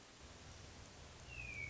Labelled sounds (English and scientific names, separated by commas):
Hermit Thrush (Catharus guttatus)